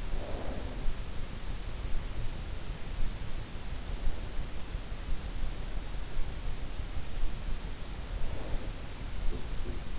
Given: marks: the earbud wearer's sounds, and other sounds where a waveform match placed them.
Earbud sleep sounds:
sounds in sleep by an in-ear microphone; snoring breath
0.00-0.85 s: snoring breath

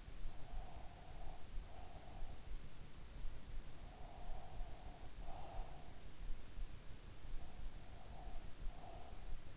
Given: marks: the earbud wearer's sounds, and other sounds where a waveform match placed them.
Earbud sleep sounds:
sounds in sleep by an in-ear microphone; breath
0.15-2.34 s: breath
3.73-5.74 s: breath
7.38-9.57 s: breath

